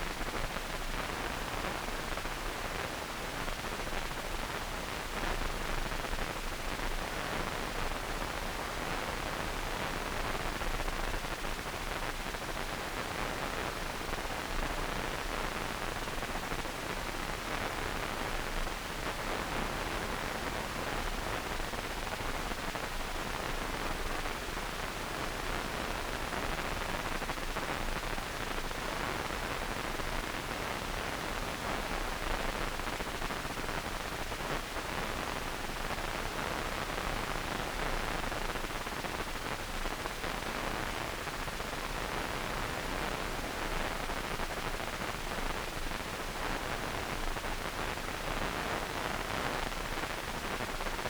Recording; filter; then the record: brain microelectrode recording played as sound; wide band, above 20 Hz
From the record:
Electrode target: subthalamic nucleus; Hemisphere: right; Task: reaching with the left hand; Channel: 2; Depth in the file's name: 1.506 mm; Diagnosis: Parkinson's disease